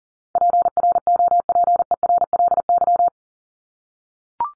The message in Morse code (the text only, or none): PROPERLY